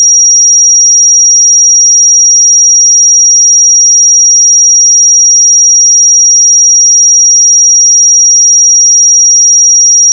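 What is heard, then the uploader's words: A pure sine tone at 5694 Hz holds perfectly steady for the full ten seconds, thin and piercingly high. Its level never changes and nothing else is heard, apart from a faint click as it stops at the very end. 5694 Hz 1 Hz Interval Sine Pure Tone Frequency 441000 Sample Mono.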